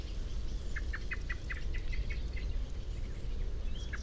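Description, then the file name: Common blackbird calls, a fast run of hard chinking notes, with a low continuous background rumble. "Turdus merula"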